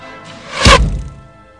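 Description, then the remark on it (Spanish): An arrow strikes an apple in a public square in Altdorf and splits it in two: one sharp, solid thunk with a deep low punch that fades quickly into a short ringing tail, with no voices. “Guillermo Tell, sereno, levantó su arma, apuntó y disparó la flecha.”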